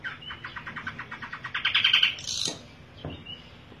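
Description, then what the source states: Long-tailed shrike song: a fast rattling trill that grows louder, then a burst of high harsh notes and a softer scratchy note. Combination song (kombinasi); Indonesian name cendet.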